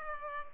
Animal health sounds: mosquito wingbeat signal from an infrared sensor; Culex pipiens

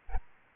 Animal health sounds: mosquito wingbeat signal from an infrared sensor; Aedes albopictus

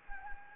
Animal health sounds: mosquito wingbeat signal from an infrared sensor; Anopheles gambiae

